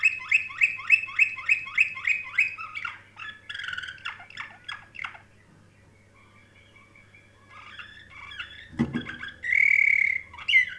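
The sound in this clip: Canary song starting with fast repeated chirps, moving into scratchy varied notes, a brief quiet spell and a dull thump, then a loud sustained whistled warble.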